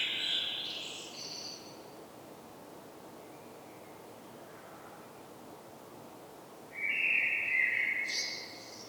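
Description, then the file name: Common blackbird song: a fluted warbled phrase ending in a high squeaky twitter, a pause of several seconds, then another low mellow phrase with a thin high flourish. "Turdus merula"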